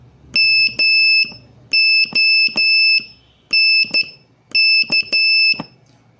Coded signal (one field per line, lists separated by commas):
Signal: Morse code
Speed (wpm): 11 wpm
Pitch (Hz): 2650 Hz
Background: none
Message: MONK